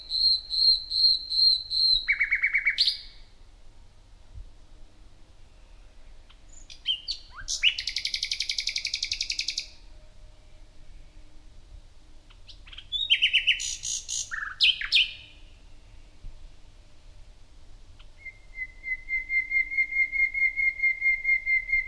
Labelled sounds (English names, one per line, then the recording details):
Common Nightingale song
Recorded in the wild
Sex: male
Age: adult
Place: Parsteinwerder, Parsteiner See, Brandenburg, DE
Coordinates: 52.9575, 13.9719
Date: 2007-05-09 23:50
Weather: fair, 10°C, weak westerly winds
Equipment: Sound Devices 702, Sennheiser MKH 416-T, Windkorb
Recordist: Frommolt, Karl-Heinz
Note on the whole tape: Heckenbestand am Schießstand Parsteinwerder: Gesang. Entfernung ca. 5 m. Sehr gut. Ununterbrochenen Aufnahme